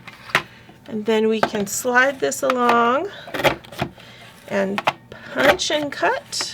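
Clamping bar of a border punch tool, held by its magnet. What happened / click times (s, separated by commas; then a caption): The clamping bar snapped down and held / 0.4 s. The blue clamping bar of a border punch tool is pressed down onto paper slid into the tool, and the magnet underneath locks it in place with a sharp snap at 0.4 s. Someone talks before and after, and a fainter tap is heard around 3.8 s.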